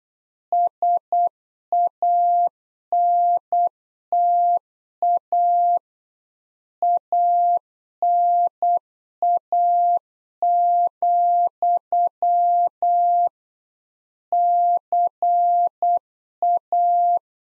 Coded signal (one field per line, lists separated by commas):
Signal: Morse code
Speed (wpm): 8 wpm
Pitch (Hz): 700 Hz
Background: none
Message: SANTA ANA, CA